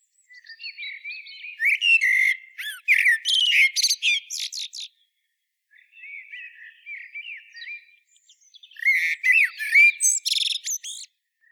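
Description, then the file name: Eurasian blackbird song in two bouts: soft warbling leading into dense, harsh high twitters, a quiet gap, then subdued warbles and another twittering burst. "Turdus merula"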